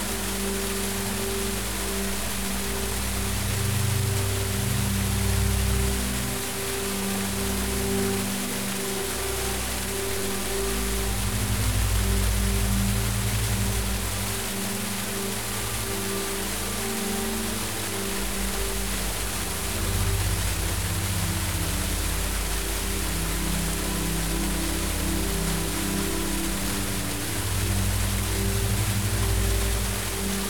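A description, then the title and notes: A tropical waterfall pours in a dense, unbroken rush that holds steady for the whole stretch. Heavy low rumbling swells and eases every few seconds beneath a bright, hissing spray, and a faint steady hum runs through the low end. Oh the glorious sounds of the tropical waterfall.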